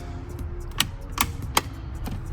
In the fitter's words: Then you put the clock spring and it clicks right in.